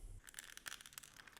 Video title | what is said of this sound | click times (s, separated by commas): ZORO One Piece (Onigashima) SH Figuarts BANDAI Unboxing e Review BR | deu clique e tá aí, cabainha na cintura. | 0.7 s